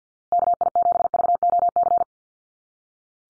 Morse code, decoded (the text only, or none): KI7VOC